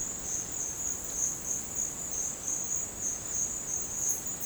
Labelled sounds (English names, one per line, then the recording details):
none
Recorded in dense forest near Puerto Asís, Putumayo, Colombia, on 22 December 2024 at 09:30
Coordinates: 0.466, -76.327
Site G075